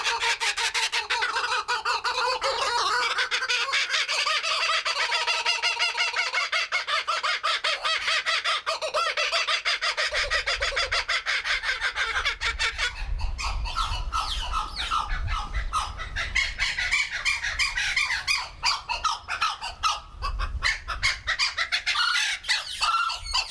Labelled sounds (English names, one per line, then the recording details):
Laughing Kookaburra call
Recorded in captivity
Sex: pair
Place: Zoo Berlin, Berlin, DE
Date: 1996-04-06 16:02
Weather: heiter, 10 - 16°C
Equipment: Sony MD-WM MZ-R3, Sennheiser MKH 416 T, Kopie Uher 4000 Report Monitor
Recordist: Tembrock, Günter